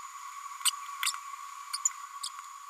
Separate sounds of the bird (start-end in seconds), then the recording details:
1.73-1.77, 1.85-1.90, 2.23-2.29. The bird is a female. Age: 32 days. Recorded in a nest box in Venezuela. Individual 17B102A5